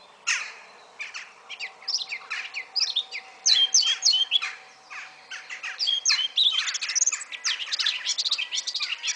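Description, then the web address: Eurasian blackcap song: a long, dense, fast chattering warble of short chirps and sharp high notes, with only brief pauses, over a faint low hum. "SETE data Sylvia atricapilla"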